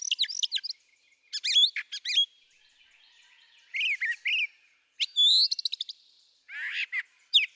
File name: Brown Thrasher